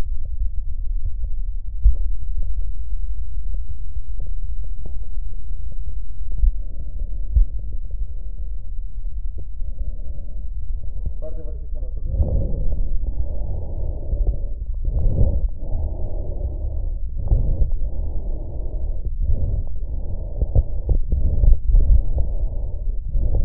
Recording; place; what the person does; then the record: lung sounds by stethoscope; left posterior apical chest; quiet breathing, then deep breathing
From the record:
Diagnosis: interstitial lung disease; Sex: male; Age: 82 years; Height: 158 cm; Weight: 49 kg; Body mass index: 19.6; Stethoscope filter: extended mode